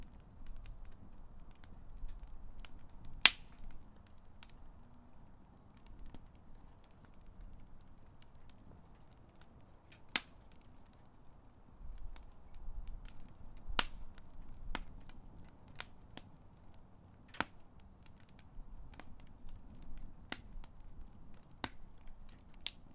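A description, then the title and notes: A fire crackles with sharp, irregular pops every second or two, several loud snaps standing out over a low, steady rumbling murmur. Crackling Fire Sounds.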